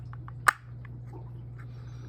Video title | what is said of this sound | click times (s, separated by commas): Wyze Cam Outdoor External Antenna Modification | you'll hear it click in push a little now it's back over here your little lockers | 0.5 s